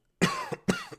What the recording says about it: I'm sick. I'm a little sick. I'm not going to lie. I'm a little bit ill. can hear I got the cough. It's a real man flu thing. It's not even like a real sickness. My throat the last couple of days has been on fire.